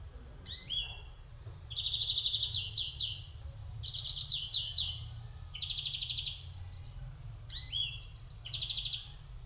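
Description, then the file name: European greenfinch singing a run of twittered notes and rolling trills, some pulsed, with a faint low rumble in the background. "Chloris chloris"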